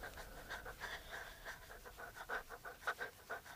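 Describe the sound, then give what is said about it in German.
Heavy, rapid panting breaths in a steady rhythm, roughly three per second, each a harsh breathy rasp with no talking, like someone out of breath from running. “Füße hasten, Blätter knacken, Atem keucht.”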